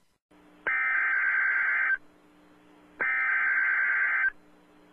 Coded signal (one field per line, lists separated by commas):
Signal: Emergency Alert System (SAME) tones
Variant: header bursts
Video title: EAS Alert #114- Severe T-storm Warning 5/29/12